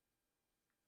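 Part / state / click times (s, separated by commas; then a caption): board-to-board connector into its socket on a circuit board / not seated / none. A small "Lego"-type board-to-board connector is lined up with light pressure over its socket on a circuit board. Only quiet, steady low background noise is heard, with a faint soft tick near 0.7 s. Nothing has seated or clicked into place yet.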